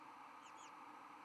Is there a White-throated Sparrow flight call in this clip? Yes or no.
no